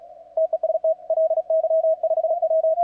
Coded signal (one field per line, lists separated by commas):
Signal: Morse code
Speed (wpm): 36 wpm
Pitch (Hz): 620 Hz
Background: radio noise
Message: TEST LY5W